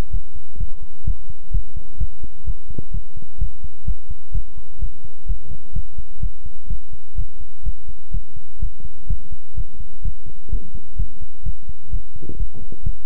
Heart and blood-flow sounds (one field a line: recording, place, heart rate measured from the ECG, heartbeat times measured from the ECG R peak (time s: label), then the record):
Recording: heart sounds by stethoscope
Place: between the tricuspid and mitral areas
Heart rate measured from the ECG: 127 bpm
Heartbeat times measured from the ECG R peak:
0.10 s: heartbeat
0.57 s: heartbeat
1.04 s: heartbeat
1.51 s: heartbeat
1.98 s: heartbeat
2.44 s: heartbeat
2.91 s: heartbeat
3.38 s: heartbeat
3.85 s: heartbeat
4.32 s: heartbeat
4.79 s: heartbeat
5.26 s: heartbeat
5.73 s: heartbeat
6.20 s: heartbeat
6.67 s: heartbeat
7.15 s: heartbeat
7.63 s: heartbeat
8.11 s: heartbeat
8.59 s: heartbeat
9.07 s: heartbeat
9.55 s: heartbeat
10.02 s: heartbeat
10.49 s: heartbeat
10.96 s: heartbeat
11.43 s: heartbeat
11.90 s: heartbeat
12.37 s: heartbeat
12.83 s: heartbeat
From the record:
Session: pedaling a stationary bicycle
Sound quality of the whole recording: good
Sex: male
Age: 24 years